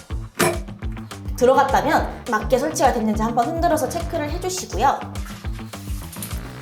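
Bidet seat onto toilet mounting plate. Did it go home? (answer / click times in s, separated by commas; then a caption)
yes / 0.4 s. A bidet seat is pushed firmly inward along the grooves of its mounting plate on a toilet and snaps into place with a sharp click at 0.4 seconds. Someone then talks over background music, while a few lighter knocks follow.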